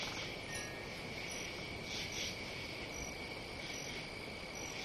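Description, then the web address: Cricket chirping, a constant shrill trill with a few louder pulse bursts midway, backed by broad rushing noise. "сверчки"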